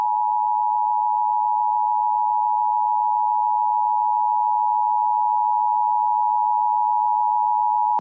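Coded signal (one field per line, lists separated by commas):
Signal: Emergency Alert System (SAME) tones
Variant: 853 and 960 Hz attention tone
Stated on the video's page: EAS alerts received from three FM stations in central Mississippi.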